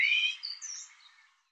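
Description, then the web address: Bird song: the tail of a phrase, a bright upslurred whistle followed by high thin notes that fade out. Labelled 'Tu Me Tu Me'. "cianscape birddata Deverinetal 2025 Bird Tu Me Tu Me"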